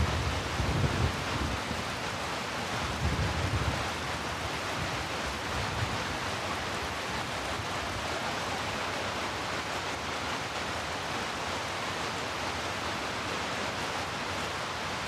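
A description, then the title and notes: Heavy rain falls in a dense, steady hiss across the whole clip, with a few soft low rumbles in the first six seconds. Heavy Rain. Rainy night noises, rainy sounds, white noise.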